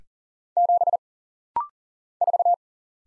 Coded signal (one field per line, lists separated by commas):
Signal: Morse code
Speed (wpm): 40 wpm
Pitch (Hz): 700 Hz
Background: none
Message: 7 4